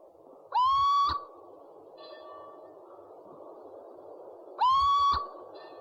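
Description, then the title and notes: Owl call: two loud, upslurred whistled notes about four seconds apart, each with bright harmonics, with faint short notes between them over a constant hum. Part of a compilation of 69 call variants from 11 owl species. "Sovy - Eulen - Owls. 69 variant hlasů - 11 druhů sov"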